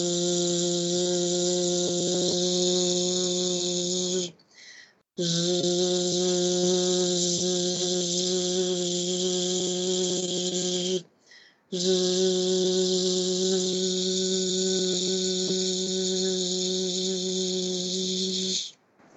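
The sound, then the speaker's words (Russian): A voice makes a long, steady, voiced buzzing 'zh' sound three times, each held for several seconds with short pauses between, loud and even, like an imitation of an insect's drone. “то вы почувствуете энергию живы еще более активно, чем если бы вы просто сидели и жужжали.”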